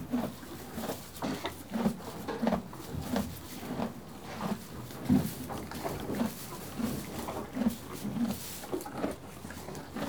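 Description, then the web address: Horse chewing, a steady run of low, crunching munches, with soft rustling of hay between bites. One horse eating hay and moving. "BBC Sound Effects Library Horses One horse eating hay, and moving"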